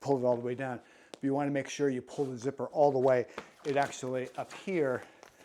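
A plastic zipper slider on a vacuum storage bag is being pulled toward the end of its track, where hooks catch it and it locks into place. Someone talks throughout, and two faint, brief ticks come near 5.2 and 5.3 seconds. Nothing has seated or clicked yet.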